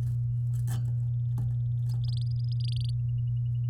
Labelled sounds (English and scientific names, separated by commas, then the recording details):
Domestic Canary (Serinus canaria) song
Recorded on 8 May 2018 at 17:00
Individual llb16